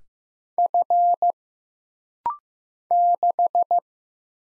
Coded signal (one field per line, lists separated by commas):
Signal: Morse code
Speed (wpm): 15 wpm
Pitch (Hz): 700 Hz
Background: none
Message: F 6